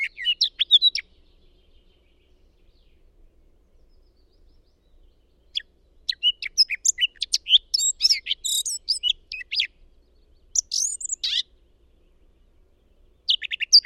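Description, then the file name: Eurasian blackcap giving short bursts of rapid, high warbling separated by quiet gaps, the longest phrase in the middle. "Sylvia atricapilla"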